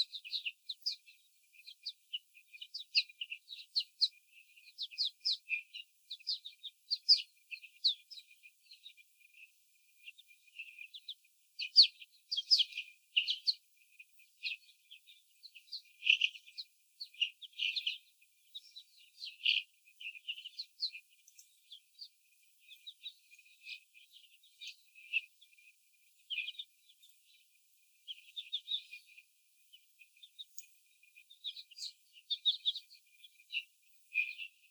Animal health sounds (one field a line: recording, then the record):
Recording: young laying hens in a cage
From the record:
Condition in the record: before the stressor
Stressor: sudden umbrella opening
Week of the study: 3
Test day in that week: 2